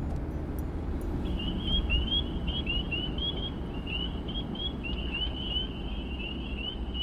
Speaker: Peepers are heard here with a wood frog in the background.